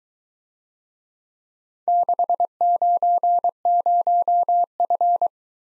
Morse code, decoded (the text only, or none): 690F